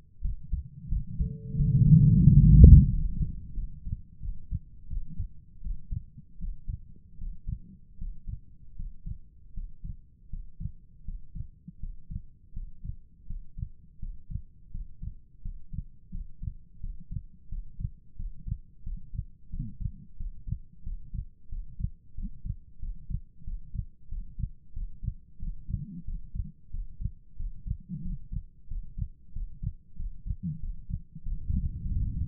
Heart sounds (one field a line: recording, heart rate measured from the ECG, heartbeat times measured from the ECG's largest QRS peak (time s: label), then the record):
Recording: heart sounds by stethoscope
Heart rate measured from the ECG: 87 bpm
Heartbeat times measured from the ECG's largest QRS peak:
0.20 s: heartbeat
0.88 s: heartbeat
1.55 s: heartbeat
2.22 s: heartbeat
2.87 s: heartbeat
3.53 s: heartbeat
4.19 s: heartbeat
4.87 s: heartbeat
5.60 s: heartbeat
6.37 s: heartbeat
7.16 s: heartbeat
7.96 s: heartbeat
8.74 s: heartbeat
9.51 s: heartbeat
10.27 s: heartbeat
11.02 s: heartbeat
11.77 s: heartbeat
12.51 s: heartbeat
13.24 s: heartbeat
13.97 s: heartbeat
14.69 s: heartbeat
15.40 s: heartbeat
16.09 s: heartbeat
16.78 s: heartbeat
17.47 s: heartbeat
18.14 s: heartbeat
18.81 s: heartbeat
19.48 s: heartbeat
20.15 s: heartbeat
20.81 s: heartbeat
21.47 s: heartbeat
22.13 s: heartbeat
22.77 s: heartbeat
23.42 s: heartbeat
24.07 s: heartbeat
24.71 s: heartbeat
25.37 s: heartbeat
26.03 s: heartbeat
26.69 s: heartbeat
27.35 s: heartbeat
28.00 s: heartbeat
28.66 s: heartbeat
29.31 s: heartbeat
29.94 s: heartbeat
30.58 s: heartbeat
31.21 s: heartbeat
31.83 s: heartbeat
From the record:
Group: healthy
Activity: rest 0-2 s, breath hold 2-32 s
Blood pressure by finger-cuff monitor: 99/67 mmHg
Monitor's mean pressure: 79 mmHg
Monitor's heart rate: 90 bpm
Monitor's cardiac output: 6.6 L/min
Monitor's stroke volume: 72 mL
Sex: female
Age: 32 years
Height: 172 cm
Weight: 71.7 kg